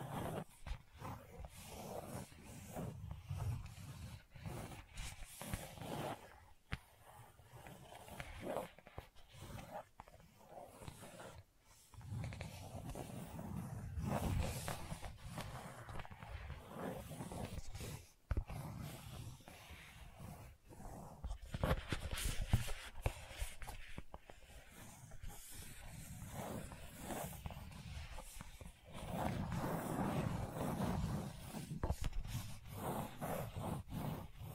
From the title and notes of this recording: ASMR Gentle Scratching You Will Fall Asleep To (No Talking).